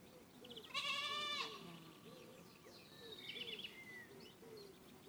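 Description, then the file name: Goat kid gives a single short, quavering high bleat over a soft background of repeated small chirping notes and faint hiss. Young goat kid, recorded at Vori, Karidi, Crete, on 23 May 2018, with an external microphone. "Kriti Vor Karidi Zicklein"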